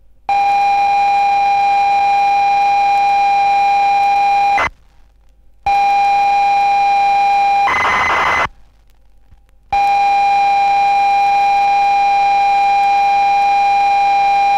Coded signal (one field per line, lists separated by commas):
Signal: ZX Spectrum tape loading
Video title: ZX Spectrum - Brand New Games